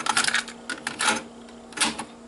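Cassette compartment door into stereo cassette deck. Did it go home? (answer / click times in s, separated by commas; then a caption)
no / none. Someone closes the plastic cassette compartment door on a Sony TC-W390 stereo cassette deck, producing a quick plastic clatter of small clicks and rattles over a steady low hum, with a sharp tap near 0.9 s and further rattling bursts around 1.0 s and 1.8 s. The door does not fit in properly and jams, and nothing has seated or clicked into place.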